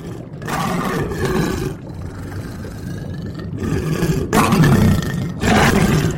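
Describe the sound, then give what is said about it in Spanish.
The roar of Cerberus, a huge three-headed dog, deep and rumbling, comes in several long, overlapping bursts of growling snarls, loud and continuous with no voices. “Cerbero, un perro enorme y de tres cabezas, devoraba una y otra vez a los condenados.”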